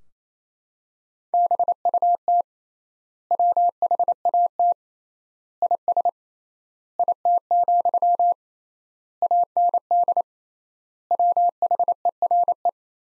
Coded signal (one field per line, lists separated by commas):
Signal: Morse code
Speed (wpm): 28 wpm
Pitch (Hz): 700 Hz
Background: none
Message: BUT WHAT IS IT, AND WHERE